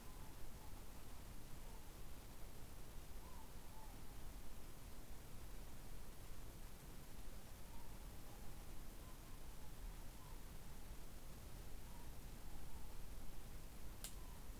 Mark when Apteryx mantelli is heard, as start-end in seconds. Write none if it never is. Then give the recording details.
none. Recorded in New Zealand on 14 December 2015. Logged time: 00:43. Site CG68